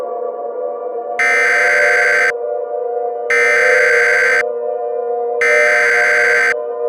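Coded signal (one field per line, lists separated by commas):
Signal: Emergency Alert System (SAME) tones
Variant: header bursts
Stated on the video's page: Fictional EAS scenario made with EAS tools, not a real alert.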